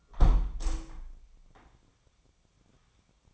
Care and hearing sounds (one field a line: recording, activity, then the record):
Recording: daily activity, microphone in the room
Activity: close window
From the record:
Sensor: 1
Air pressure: 998.0 hPa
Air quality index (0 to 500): 121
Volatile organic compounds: 3 ppm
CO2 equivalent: 1437 ppm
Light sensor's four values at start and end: 17/57/23/23 and 17/57/23/23